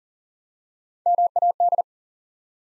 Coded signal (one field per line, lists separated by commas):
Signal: Morse code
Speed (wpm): 39 wpm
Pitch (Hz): 700 Hz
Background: none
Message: MAD